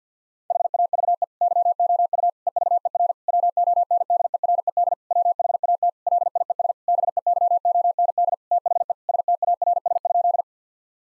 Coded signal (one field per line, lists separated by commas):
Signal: Morse code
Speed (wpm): 49 wpm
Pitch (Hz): 700 Hz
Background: none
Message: HAVE YOU EVER WONDERED WHAT LIES BEYOND THE STARS?